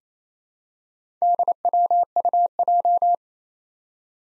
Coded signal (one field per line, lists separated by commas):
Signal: Morse code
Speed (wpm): 28 wpm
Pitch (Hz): 700 Hz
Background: none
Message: DWUJ